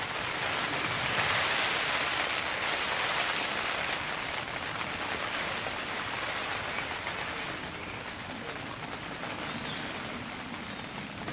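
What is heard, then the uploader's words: Rain falls on a tent in a steady, dense patter, a constant hiss with countless fine drops tapping through it. The sound is fairly bright and even, slightly louder in the first few seconds, then settling to a slightly softer level that holds to the end. Relaxing Outdoors Sounds Rain Falling on a Tent.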